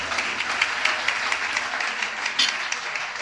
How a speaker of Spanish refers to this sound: Denle ese aplauso al Señor si quiere aplaudir entonces, antes de irnos.